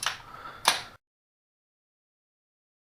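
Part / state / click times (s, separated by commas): spark plug into engine cylinder head / torque reached / 0.7 s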